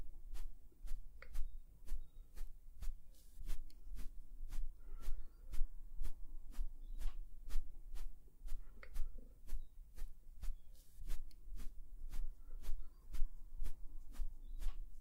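Oil massage and facial sounds with layered textures: quick, even taps or slaps repeat two or three times a second over a steady low hum.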